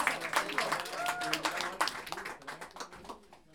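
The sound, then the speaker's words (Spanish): Audience applause at an intimate concert by La Décima Orquesta, August 3, 2018, introducing a piece of folía: a dense crackle of many hands clapping at once with some voices mixed in, strong at first and gradually thinning out toward the end. “¡El aplauso!”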